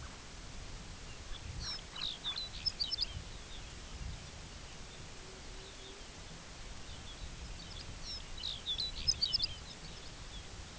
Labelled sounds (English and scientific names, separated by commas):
unidentified sound, Lapland Longspur (Calcarius lapponicus), Pectoral Sandpiper (Calidris melanotos)